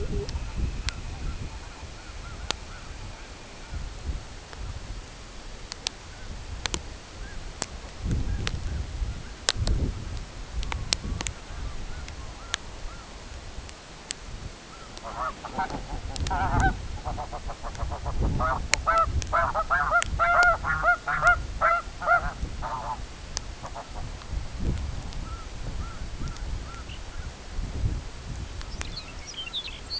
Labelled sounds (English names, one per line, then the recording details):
Pectoral Sandpiper
unidentified sound
Snow Goose
Lapland Longspur
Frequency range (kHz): Pectoral Sandpiper 0.1-0.8 kHz; Lapland Longspur 1.9-6.4 kHz
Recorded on Arctic tundra, site CORI-1, on 13 June 2018
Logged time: 16:00